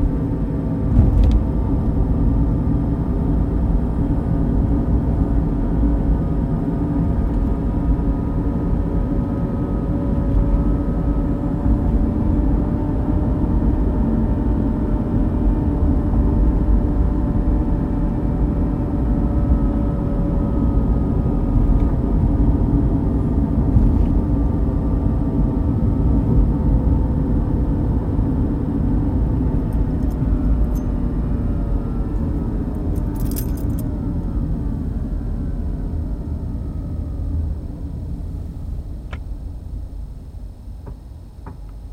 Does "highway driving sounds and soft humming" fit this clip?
yes